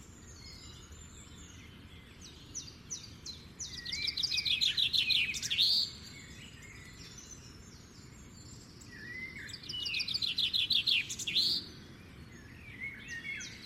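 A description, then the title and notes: Birds sing in the morning, with two bright, rapid trilling phrases standing out, one from about 4 to 6 seconds and another from about 9.5 to 11.5 seconds. Softer chirps and calls scatter between them over a steady low rumble of background noise. Morning Bird Song. Nomusic #forest.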